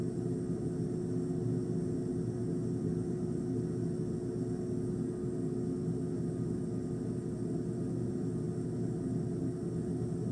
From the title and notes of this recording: ASMR Ice Machine.